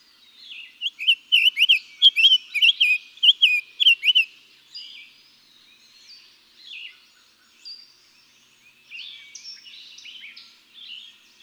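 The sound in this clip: Summer tanager song: around three and a half seconds of hoarse, slurred whistled phrases in quick succession, followed by scattered faint chirps from other birds.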